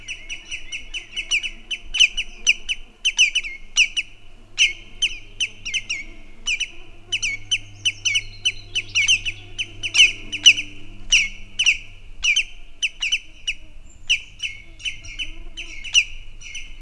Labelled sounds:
Common Greenshank call
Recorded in the wild
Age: adult
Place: Halbinsel Kindo, Karelien, RU
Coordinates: 66.5472, 33.0414
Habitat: upland moor
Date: 1994-06-23 18:02
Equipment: Sony TCD-D3, Sennheiser ME 80, K 30 AV (I), Windschutz
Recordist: Frommolt, Karl-Heinz

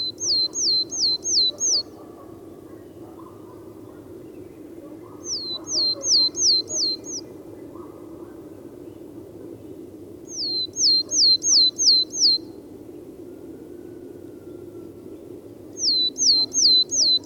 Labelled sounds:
Willow Tit song
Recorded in the wild
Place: Groß Nemerow, Mecklenburg-Vorpommern, DE
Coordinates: 53.448, 13.219
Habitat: Forest
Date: 1982-03-24 08:53
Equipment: Nagra III BH, Sennheiser MD 21, parabola
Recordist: Schubert, Michael

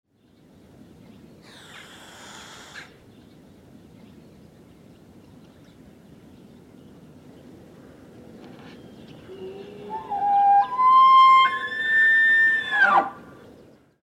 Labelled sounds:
Wapiti
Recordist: Tembrock, Günter
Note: Hirsch: Drohen und ein Ruf

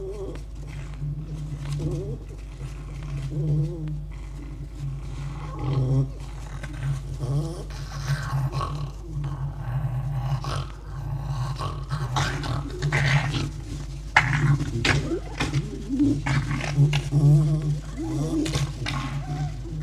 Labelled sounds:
Red Fox
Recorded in captivity
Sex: female
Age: adult
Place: Zoologisches Institut der HUB, Berlin, DE
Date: 1956-02-21 12:30
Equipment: Elmetra
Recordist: Tembrock, Günter
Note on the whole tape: Fiffi: Sprödigkeitslaute, Knurren, offen und geschlossen, Keifen. Netzbrummen

